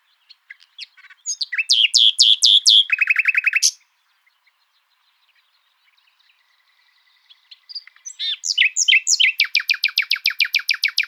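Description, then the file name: Common nightingale song: rapid loud phrases of repeated sweeping notes and a fast rattle, a quiet pause, then a long, very rapid series of repeated strokes. "Luscinia megarhynchos"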